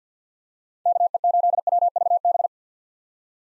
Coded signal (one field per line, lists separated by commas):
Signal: Morse code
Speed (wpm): 50 wpm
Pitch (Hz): 700 Hz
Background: none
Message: KE8WVB